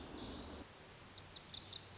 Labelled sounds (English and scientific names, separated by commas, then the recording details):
Lazuli Bunting (Passerina amoena)
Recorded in Sonoma County, California